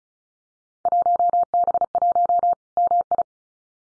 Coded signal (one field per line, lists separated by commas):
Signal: Morse code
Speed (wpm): 36 wpm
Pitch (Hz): 700 Hz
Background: none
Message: 1B1 MI